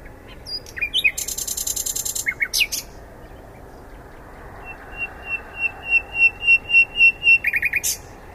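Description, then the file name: Common nightingale song opening with a harsh rapid rattle, then a pause and a series of pure whistles swelling louder, ending in a short chatter. "Luscinia megarhynchos"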